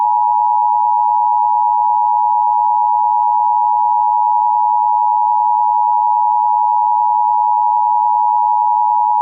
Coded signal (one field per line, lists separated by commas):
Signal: Emergency Alert System (SAME) tones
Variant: 853 and 960 Hz attention tone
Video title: Butterball McGhee screen test poor steve irwin imitation with EAS broadcast